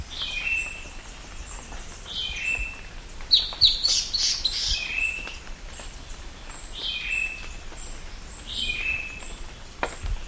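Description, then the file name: Bird calls: repeated slurred whistles, a brief harsh chatter near the middle, and faint high tinkling notes throughout. "SABIOD 50 bird 2015"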